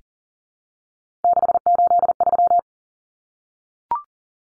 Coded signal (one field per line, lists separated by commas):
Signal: Morse code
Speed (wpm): 40 wpm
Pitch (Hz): 700 Hz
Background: none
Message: 683